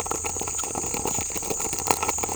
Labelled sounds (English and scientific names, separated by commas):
none